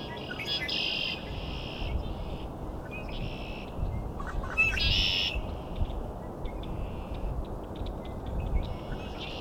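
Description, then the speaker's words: Red-winged Blackbird song: buzzy trills preceded by short notes, repeated a few times, over low rumbling background noise. Close-up male, one of many males at the Cootes Paradise marsh in mid-March. "Also lots of male red-winged blackbirds, as you can hear. Got a really close-up one here."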